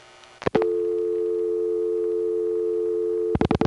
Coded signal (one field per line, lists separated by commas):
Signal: telephone call progress tone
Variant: North America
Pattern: dial tone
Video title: The Sounds of Long Distance pgm 8: DDD from Panel, 4M Dialpulsing, 1977 [re-upload corrects audio]